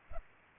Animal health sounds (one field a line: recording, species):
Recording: mosquito wingbeat signal from an infrared sensor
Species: Culex pipiens